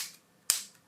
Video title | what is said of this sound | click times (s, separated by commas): Redmi 13C / Replace and Fix the Microphone | press it down to hear the clicking sounds. Then you know it's aligned and | 0.5 s